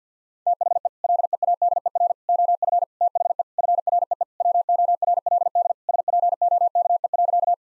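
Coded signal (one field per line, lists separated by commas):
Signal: Morse code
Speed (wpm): 50 wpm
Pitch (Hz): 700 Hz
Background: none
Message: THE LEADER OF THE FREE WORLD SPOKE.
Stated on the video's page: Morse practice at 50 WPM: sentences built from common six-word phrases, each sent in Morse, then spoken, then sent again.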